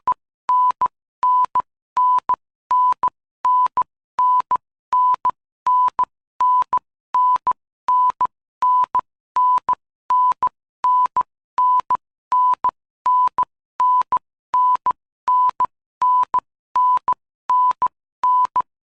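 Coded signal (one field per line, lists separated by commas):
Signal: none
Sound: repeating two-tone beep effect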